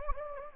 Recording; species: mosquito wingbeat signal from an infrared sensor; Anopheles gambiae